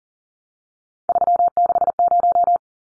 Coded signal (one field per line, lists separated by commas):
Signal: Morse code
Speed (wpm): 40 wpm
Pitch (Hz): 700 Hz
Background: none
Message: 360